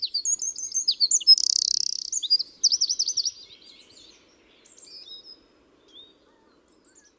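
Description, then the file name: Eurasian wren song: a loud, rapid run of high, sharp notes with a fast buzzing trill in the middle, lasting about three seconds, then faint scattered chirps. "Troglodytes troglodytes"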